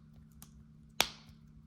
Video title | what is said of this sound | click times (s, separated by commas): VERSA / SENTRA / ALTIMA / 370Z And More Remote Key Battery Change - Key Fob Battery DIY FAST 90 SEC | all snapped in around and then we're going to get our spare key | 0.4 s, 1.0 s